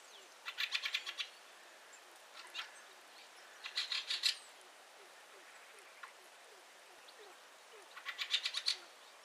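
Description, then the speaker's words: Fieldfare calls: repeated bursts of harsh, rattling chuck notes in quick runs, several bursts spaced a second or two apart. Call is frequent and carries well, likened to a chicken's chuck, chuck, chuck; often first sign of a flock passing high overhead. "The call of the fieldfare, which they do a lot, is very distinctive and has been likened to that of a chicken with a chuck, chuck, chuck, which carries very well and can often be the first indication of a flock of fieldfares passing high overhead."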